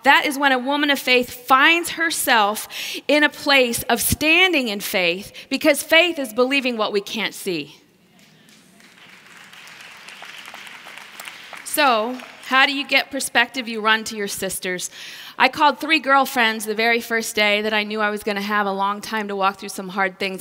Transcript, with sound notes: That is when a woman of faith finds herself in a place of standing in faith—because faith is believing what we can’t see! (applause) So, how do you get perspective? You run to your sisters! I called three girlfriends the very first day that I knew I was going to have a long time to walk through some hard things.